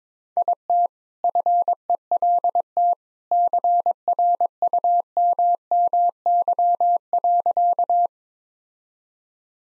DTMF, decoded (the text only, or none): none